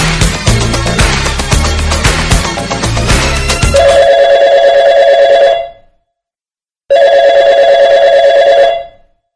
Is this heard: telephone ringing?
yes